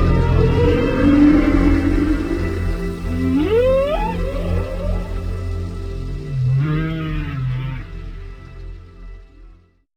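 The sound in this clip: Whale calls: a rising, swooping tonal cry followed a few seconds later by a lower, drawn-out moan that arches and falls, over steady low rumbling noise.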